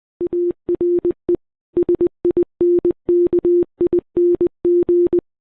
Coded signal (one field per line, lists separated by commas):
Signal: Morse code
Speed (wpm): 20 wpm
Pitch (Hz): 350 Hz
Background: none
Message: ARE SINKING